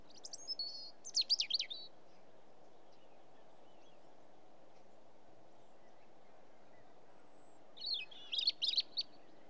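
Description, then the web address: European robin song: two bursts of high, thin, warbling phrases near the start and again near the end, with quiet steady background hiss between. "BBC Sound Effects Library. Robin's Song"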